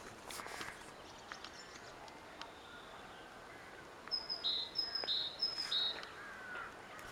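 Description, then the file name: Great tit song: a short series of high-low paired notes in the second half, after a stretch of faint rustling and bird sounds. "Parus major"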